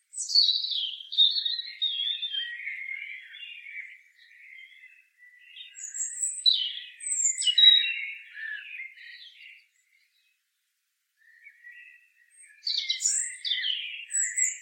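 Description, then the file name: European robin giving several varied song phrases, with sharp high glides and twittering runs, a clear silent pause, then a fresh burst of high notes. "Erithacus rubecula"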